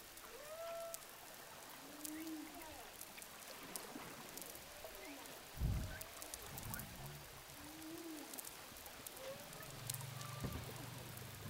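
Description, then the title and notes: Humpback whale song units, faint rising and falling moans and arching whistles, spaced throughout amid crackling water noise and a brief low thump. Recorded underwater with a hydrophone off Saint-Gilles, Réunion. "whales sound hydrophone, saint gilles de la reunion. au large de saint gilles de la Réunion baleine à bosse"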